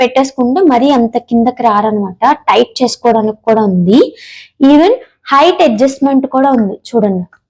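The height adjustment lock on a plastic baby rocker/feeding chair frame is handled while a woman talks throughout. The adjuster is meant to lock with a click when pulled firmly, but nothing has seated or clicked yet in this clip.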